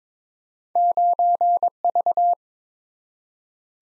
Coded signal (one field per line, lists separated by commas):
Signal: Morse code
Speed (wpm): 22 wpm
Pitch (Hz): 700 Hz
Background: none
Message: 9V